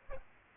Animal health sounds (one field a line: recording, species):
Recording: mosquito wingbeat signal from an infrared sensor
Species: Aedes aegypti